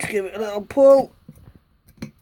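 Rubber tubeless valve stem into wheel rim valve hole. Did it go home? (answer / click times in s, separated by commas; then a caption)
yes / 2.0 s. A rubber snap-in tubeless valve stem is pulled through the valve hole of a quad bike wheel rim while someone talks. A few faint scuffs follow, then a sharp click at 2.0 s as the valve seats, nice and tight.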